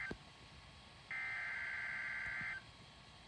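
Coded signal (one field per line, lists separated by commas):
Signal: Emergency Alert System (SAME) tones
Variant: header bursts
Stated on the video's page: Coastal flood warning received on weather radio station WXM60.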